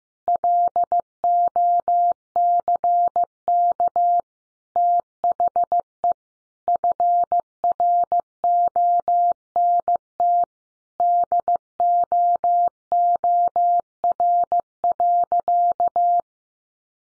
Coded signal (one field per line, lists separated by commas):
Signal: Morse code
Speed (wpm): 15 wpm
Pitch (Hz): 700 Hz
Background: none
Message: LOCK THE FRONT DOOR.